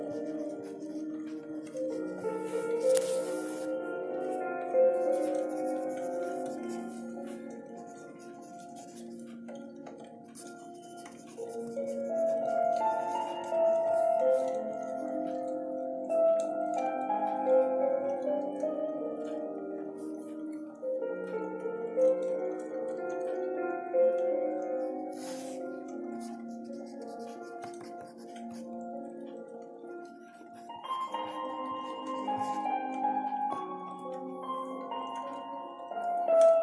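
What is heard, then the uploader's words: Soft, slow piano plays low-to-middle chords and a gentle melody that drifts without pause, with notes ringing on and overlapping. Faint crackles and small ticks sit underneath, with a few brighter pops near 3 and 25 seconds, and the playing swells slightly after 30 seconds. Study with me-dark academia piano near a fireplace.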